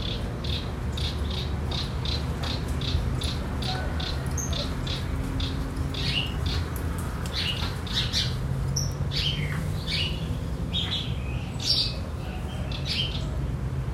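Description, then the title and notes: Several birds chirping together, a busy stream of short high notes over continuous low rumbling background noise. Birds in a field among araucaria trees, the region's typical vegetation, in an area away from the city, R. Antonio José Pilatti, Bairro Vederti, Chapecó, Santa Catarina, Brazil. "R. Antonio José Pilatti, 53-Bairro Vederti, Chapecó - SC, 89808-758, Brasil - Pássaros no campo. pássaros em uma área afastada da cidade entre araucárias, que representam a vegetação da região"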